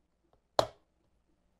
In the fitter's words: holds that in place. I feel much better about that with that positive click.